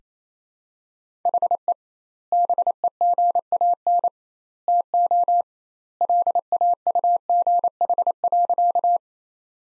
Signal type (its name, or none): Morse code